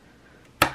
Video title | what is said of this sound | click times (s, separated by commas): Budget PC! Pentium G3258 | click number one which is this side and click number two which is on this side same | 0.6 s